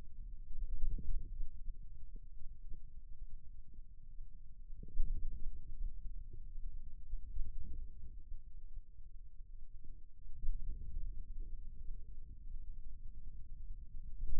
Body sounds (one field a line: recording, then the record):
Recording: forearm muscle sounds (acoustic myography)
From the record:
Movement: wrist flexion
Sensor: system 2, bracelet of six BSWA MPA416 microphones around the upper forearm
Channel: 1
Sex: male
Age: 22 years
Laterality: right